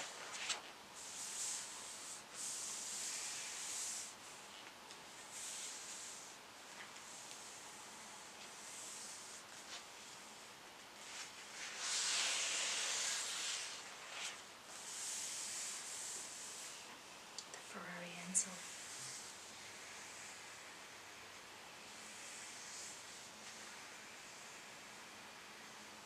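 Pages turn in soft, bright rustling sweeps every few seconds, the longest around twelve seconds, with a sharp tap near eighteen seconds.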